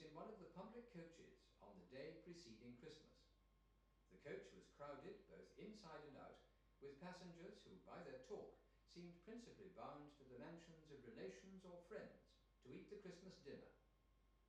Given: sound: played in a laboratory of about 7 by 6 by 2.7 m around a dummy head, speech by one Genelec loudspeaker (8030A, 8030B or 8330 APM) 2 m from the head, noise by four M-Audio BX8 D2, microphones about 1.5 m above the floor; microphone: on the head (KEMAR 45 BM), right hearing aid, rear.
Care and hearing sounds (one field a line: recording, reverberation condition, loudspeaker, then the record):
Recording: male speech in English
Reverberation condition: medium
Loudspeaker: 30 degrees to the left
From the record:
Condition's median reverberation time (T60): about 510 ms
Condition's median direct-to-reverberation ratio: about -0.5 dB